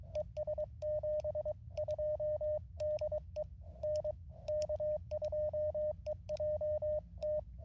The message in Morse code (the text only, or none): ES 72 DE N K2EJT